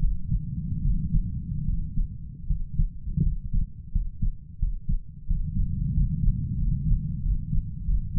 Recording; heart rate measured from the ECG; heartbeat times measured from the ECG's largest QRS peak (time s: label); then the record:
heart sounds by stethoscope; 85 bpm
0.82 s: heartbeat
1.65 s: heartbeat
2.47 s: heartbeat
3.23 s: heartbeat
3.92 s: heartbeat
4.59 s: heartbeat
5.27 s: heartbeat
5.94 s: heartbeat
6.58 s: heartbeat
7.22 s: heartbeat
7.86 s: heartbeat
From the record:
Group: healthy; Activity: cold pressor test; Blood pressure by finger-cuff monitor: 130/83 mmHg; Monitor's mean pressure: 98 mmHg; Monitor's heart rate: 85 bpm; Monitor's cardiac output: 7.2 L/min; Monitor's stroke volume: 88 mL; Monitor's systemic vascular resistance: 1020 dyn s/cm5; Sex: male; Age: 33 years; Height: 179 cm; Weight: 80.4 kg